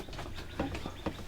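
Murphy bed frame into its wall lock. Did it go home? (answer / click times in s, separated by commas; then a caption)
no / none. A Murphy bed, its edge cut off the mattress to make more walking room, is folded up against the wall and pushed toward its wall lock. A few small knocks sound around 0.6, 0.8 and 1.1 seconds over a quiet background. The bed has not locked or clicked into place.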